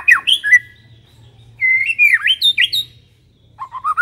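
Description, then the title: White-rumped shama song: loud whistled phrases with swooping pitch, a long wavering note, then a short rising run of notes after a pause. Aggressive song of the white-rumped shama, used as a lure. "Pancingan Murai Batu Galak"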